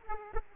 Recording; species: mosquito wingbeat signal from an infrared sensor; Aedes aegypti